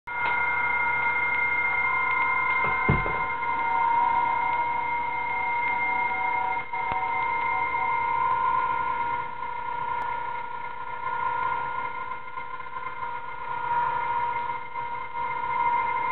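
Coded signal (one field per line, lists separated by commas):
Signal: PSK31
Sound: several steady warbling tones at different pitches playing together continuously, with faint hiss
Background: radio static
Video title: What PSK31 Sounds Like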